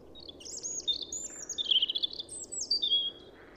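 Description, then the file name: European robin, a continuous run of very high, thin whistled and warbled notes, shifting pitch quickly, with low background noise. "Erithacus rubecula"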